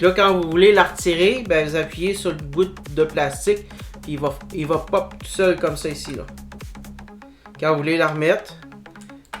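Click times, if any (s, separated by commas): 9.3 s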